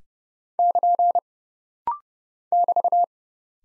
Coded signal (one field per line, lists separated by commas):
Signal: Morse code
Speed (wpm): 30 wpm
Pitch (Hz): 700 Hz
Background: none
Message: <KN> <BT>